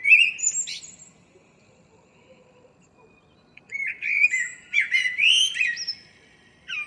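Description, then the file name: Common blackbird singing: one phrase's squeaky high ending, a pause of a few seconds, then a mellow warbled phrase with a bright twittering finish. "Turdus merula"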